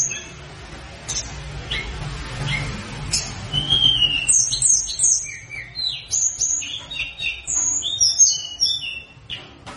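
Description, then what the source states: Sunda Robin: tledekan song beginning softly with scattered notes, then a rich stream of high whistled slurs and chirps in quick succession. Local name tledekan gunung, singing actively ('gacor'); recording meant to make listeners' tledekan answer.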